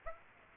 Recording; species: mosquito wingbeat signal from an infrared sensor; Aedes aegypti